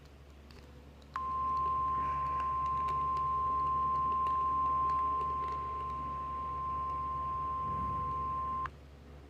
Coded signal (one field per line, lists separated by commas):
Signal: Emergency Alert System (SAME) tones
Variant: 1050 Hz attention tone